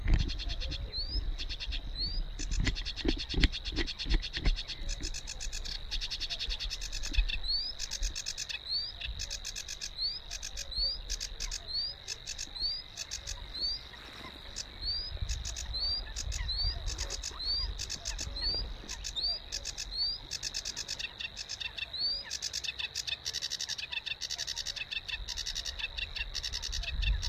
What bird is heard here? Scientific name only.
Acrocephalus schoenobaenus